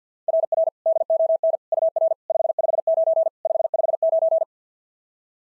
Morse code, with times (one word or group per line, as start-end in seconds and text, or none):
0.3-0.7 RR
0.9-1.6 DON
1.7-2.1 UR
2.3-3.3 559
3.5-4.4 559